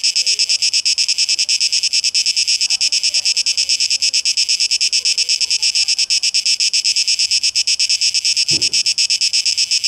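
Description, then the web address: Cicadas: a harsh high buzz beating in rapid pulses, with a short knock near the end. 12 August 2023; tape echo mix. "rauschpartikel Audio 2023-08-12 Zikaden"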